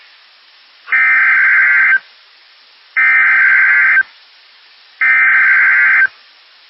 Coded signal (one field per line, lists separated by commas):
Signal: Emergency Alert System (SAME) tones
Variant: header bursts